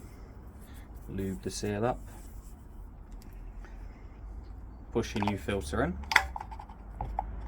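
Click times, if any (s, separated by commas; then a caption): 7.2 s. Someone talks while a new paper oil filter element for a VW Passat TDI, its seal lubed with oil, is pushed into the plastic filter housing cap. A few small taps and rubbing sounds follow, then a sharp click at 7.2 s shows the element is seated in the cap.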